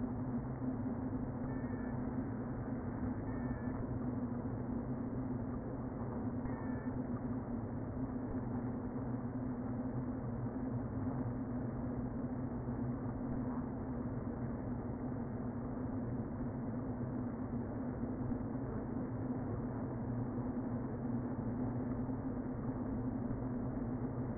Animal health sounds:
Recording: honeybee colony, microphone inside the hive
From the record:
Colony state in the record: queen present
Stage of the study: before two queens were removed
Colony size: about 60,000 bees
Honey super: yes

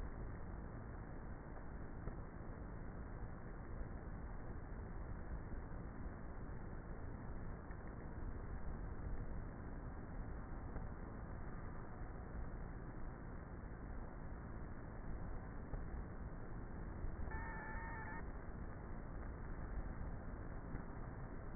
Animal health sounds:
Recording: honeybee colony, microphone inside the hive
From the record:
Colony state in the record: queenless with a low population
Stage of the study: before two queens were removed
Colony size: about 30,000 bees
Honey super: no

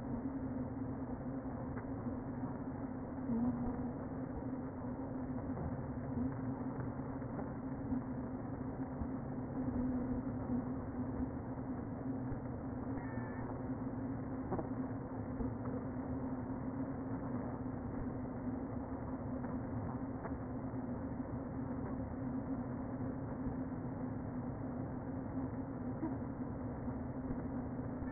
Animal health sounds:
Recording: honeybee colony, microphone inside the hive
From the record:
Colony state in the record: queen present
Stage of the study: before two queens were removed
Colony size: about 60,000 bees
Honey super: yes

